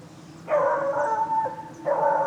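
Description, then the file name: Dog giving two drawn-out, tonal howling yelps, the first lasting about a second and the second cut off at the end, over a low background hum. Urban street ambience with a sound car passing by. "Carro de som passando na rua cachorro"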